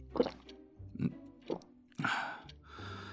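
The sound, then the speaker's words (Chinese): A person drinks from a water cup: three short, wet mouth sounds spaced about half a second apart, like sips of water, followed by a longer, fuller slurping gulp that trails off. No voices. “龚应贤走过来，将水杯递给了仁义，仁义接过来喝了一口”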